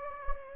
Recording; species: mosquito wingbeat signal from an infrared sensor; Anopheles gambiae